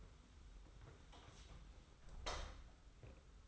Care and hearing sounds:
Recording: daily activity, microphone in the room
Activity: close door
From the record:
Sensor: 3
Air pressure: 991.6 hPa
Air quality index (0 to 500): 144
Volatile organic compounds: 382 ppm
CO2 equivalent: 4642 ppm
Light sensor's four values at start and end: 41/116/47/41 and 41/116/47/41

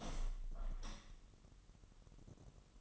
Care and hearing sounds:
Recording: daily activity, microphone in the room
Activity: open window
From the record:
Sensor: 4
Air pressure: 1000.8 hPa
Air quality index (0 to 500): 244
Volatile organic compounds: 42 ppm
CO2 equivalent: 3173 ppm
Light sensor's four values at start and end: 9/20/8/7 and 9/20/8/7

